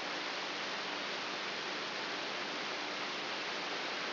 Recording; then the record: brain microelectrode recording played as sound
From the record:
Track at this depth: inside the subthalamic nucleus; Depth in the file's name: 3.44 mm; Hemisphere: right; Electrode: 3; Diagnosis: Parkinson's disease